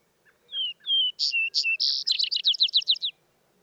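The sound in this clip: Vesper sparrow singing two clear downslurred whistles, a few emphatic notes, then a fast trill lasting about a second.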